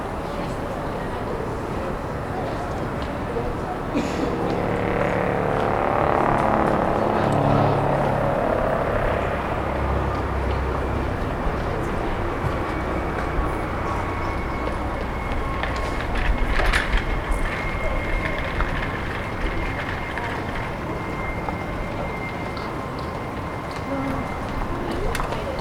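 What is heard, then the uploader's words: A High Street in the early morning as a market is set up, with a steady, dense wash of traffic and city rumble throughout. Voices murmur in the mix, a vehicle swells past around five to ten seconds, and brief clanks and knocks stand out near sixteen seconds. Captured early in the morning as a High Street market is being set up. It is a cool morning, the ground is wet. People are beginning to enter the centre of the city, going to jobs and cafes.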